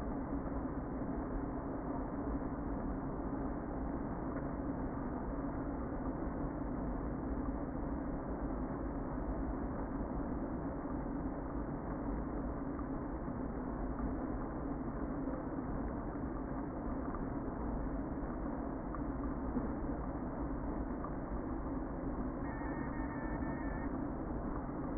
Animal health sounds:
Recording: honeybee colony, microphone inside the hive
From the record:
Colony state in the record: queen present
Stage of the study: before two queens were removed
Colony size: about 60,000 bees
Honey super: yes

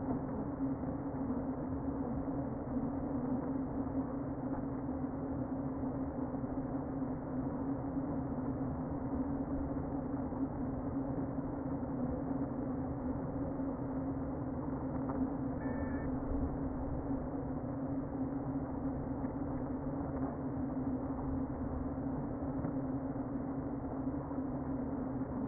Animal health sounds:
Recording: honeybee colony, microphone inside the hive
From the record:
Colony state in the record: queen present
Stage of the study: before two queens were removed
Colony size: about 60,000 bees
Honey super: yes

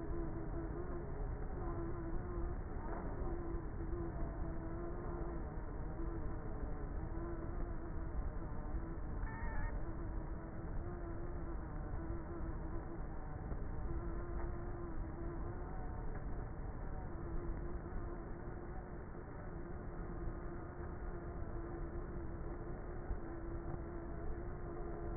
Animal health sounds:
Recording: honeybee colony, microphone inside the hive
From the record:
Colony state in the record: queenless with a low population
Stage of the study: before two queens were removed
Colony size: about 30,000 bees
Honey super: no

